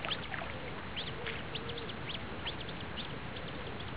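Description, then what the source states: Coot calls: many short, high, arched peeps repeated rapidly throughout, over a steady low rumble of background noise. Adult feeding young.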